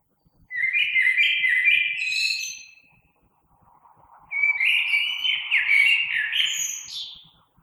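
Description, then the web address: Common blackbird song: two warbling phrases separated by a short gap, each fluty and wavering with thin high twittered endings, over a quiet background. Recorded 3 March 2020. "oiseaux Merle 2020 03 03"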